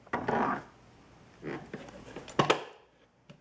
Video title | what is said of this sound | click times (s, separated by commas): Reebok Aerobic Deck - Close Up Views - Stepper and Fitness Bench Review | so that's the click | 0.1 s, 2.4 s